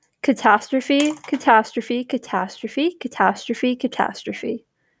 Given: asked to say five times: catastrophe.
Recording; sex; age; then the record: repeated word; female; 20 to 29 years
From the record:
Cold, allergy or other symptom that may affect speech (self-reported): no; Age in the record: 21 years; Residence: Virginia, United States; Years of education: 16